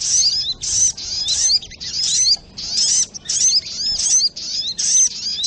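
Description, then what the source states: Spiderhunter: piercing, high chattering phrases mixed with sweeping whistled notes, delivered in near-continuous bursts with a few brief pauses. Training recording (masteran) of the labaik song style.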